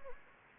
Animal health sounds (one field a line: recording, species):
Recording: mosquito wingbeat signal from an infrared sensor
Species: Anopheles gambiae